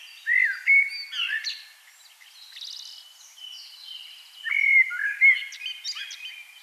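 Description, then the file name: Common blackbird song: two whistled phrases with warbling flourishes, separated by a quieter gap of faint high twitter. "Turdus merula"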